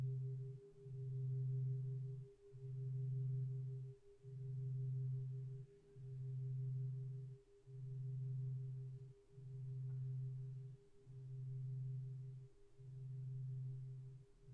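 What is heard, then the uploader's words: A singing bowl rings on without pause, its low hum swelling and fading in a steady wobble about every second and a half. A fainter, higher tone holds perfectly even above it for the whole time, with little else around. Singing bowl sound.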